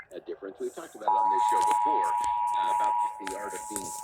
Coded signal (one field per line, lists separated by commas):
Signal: Emergency Alert System (SAME) tones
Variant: 853 and 960 Hz attention tone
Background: speech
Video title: NOW WITH 100% MORE KRET! EAS Tests from October 2023